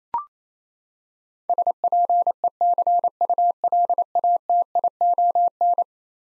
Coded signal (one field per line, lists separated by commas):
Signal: Morse code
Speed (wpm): 27 wpm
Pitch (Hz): 700 Hz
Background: none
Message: SPECULATION